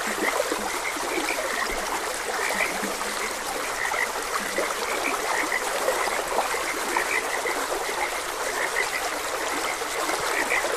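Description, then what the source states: Frog chorus of short, rapid croaks from many callers, steady and unbroken, over the sound of a flowing stream. Frogs croaking beside a gentle stream.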